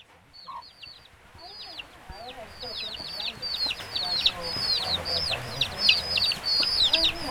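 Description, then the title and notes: Chick peeps, high and falling, start sparse and grow into a dense busy chorus, over a soft hiss that gets louder toward the end. Chicks recorded on a rainy day at La Guayubira, Uruguay, in 2018, using a Zoom H4n recorder. "Pollitos (Guayubira y La Estiba). Mapa sonoro de Uruguay, 2018, La Guayubira pollitos un día de lluvia"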